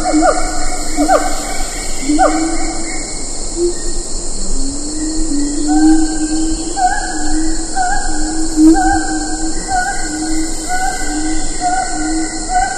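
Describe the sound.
Siamang calls: quick swooping hoots at first, then longer drawn-out notes that repeat, with a constant high insect drone behind.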